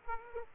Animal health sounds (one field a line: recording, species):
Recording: mosquito wingbeat signal from an infrared sensor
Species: Aedes aegypti